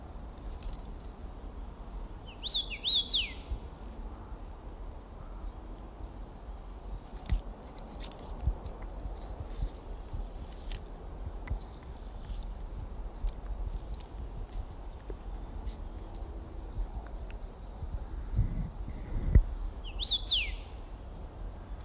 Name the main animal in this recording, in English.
Common Rosefinch